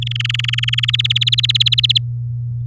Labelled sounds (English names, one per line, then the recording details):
Domestic Canary song
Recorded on 8 May 2018 at 07:05
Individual llb16